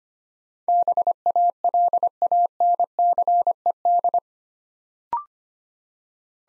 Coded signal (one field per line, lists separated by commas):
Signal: Morse code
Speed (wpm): 25 wpm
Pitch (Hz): 700 Hz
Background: none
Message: BALANCED